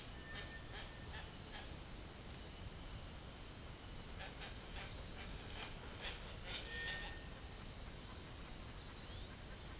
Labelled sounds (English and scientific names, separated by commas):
Cinereous Tinamou (Crypturellus cinereus)